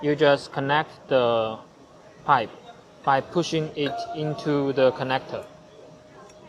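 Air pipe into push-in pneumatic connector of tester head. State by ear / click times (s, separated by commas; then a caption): not seated / none. A plastic air pipe is being handled at a push-in pneumatic connector while a new test head is fitted on a tester, with the pipe to be pushed into the connector. A man talks throughout over a quiet room tone, with no sharp impact sounds. Nothing has seated or clicked yet.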